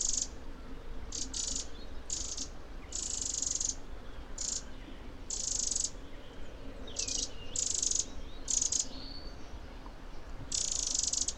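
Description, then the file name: Eurasian wren calling in a series of harsh, scratchy churrs, some closely bunched and others spaced out, with faint low rumble behind. "Troglodytes troglodytes"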